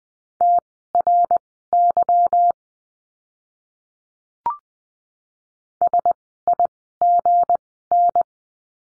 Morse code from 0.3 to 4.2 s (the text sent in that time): TRY